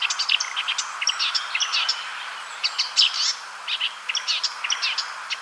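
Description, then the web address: Marsh warbler singing scratchy, varied notes and short chatters in bursts, somewhat faint against a steady background hiss. "ljud Acrocephalus palustris"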